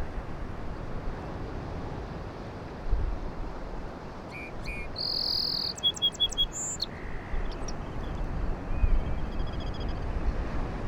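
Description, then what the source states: Song sparrow song: a pair of short introductory notes, a bright buzzy note, a quick run of clipped notes, then a high note and a lower ending, over steady surf roar. Song sparrow singing on Low Island, sounding different from town sparrows; surf crashing behind; light breeze, some wind noise; handheld Sony PCM-M10.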